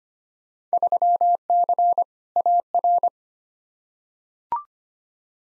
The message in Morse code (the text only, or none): 3C AR